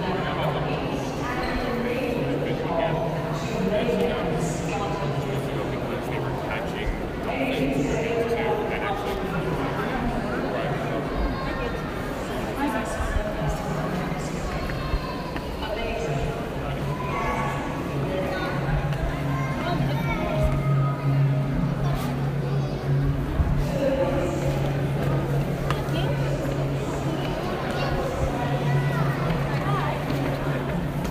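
Crowded hubbub in New York, dense overlapping voices at a steady level throughout. A low steady hum enters around the twenty-second mark and persists, with occasional brief knocks and clatters scattered through the murmur.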